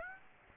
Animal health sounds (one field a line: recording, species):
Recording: mosquito wingbeat signal from an infrared sensor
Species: Aedes aegypti